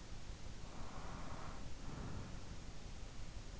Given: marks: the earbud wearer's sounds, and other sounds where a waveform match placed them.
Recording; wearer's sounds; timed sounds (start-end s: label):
sounds in sleep by an in-ear microphone; breath
0.27-3.08 s: breath